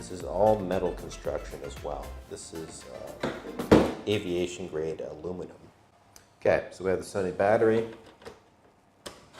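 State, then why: Seated. Someone talks while sliding a camera-style lithium battery pack into the battery plate on the back of a small, all-metal aviation-grade aluminum Phottix Kali150 LED light. A single sharp click is heard at 9.1 s as the battery snaps into place and seats.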